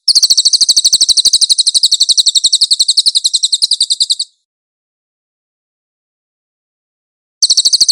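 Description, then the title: Cililin with a rapid, high-pitched rattling trill of about four seconds, a pause of three seconds, then the trill resumes briefly. "SUARA BURUNG CILILIN"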